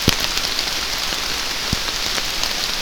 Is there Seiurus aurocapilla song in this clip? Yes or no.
no